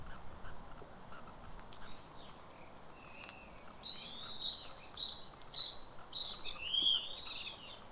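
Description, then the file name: Great tit singing a rapid series of high, bright repeated phrases, after some quieter notes; faint background hiss. "Parus major"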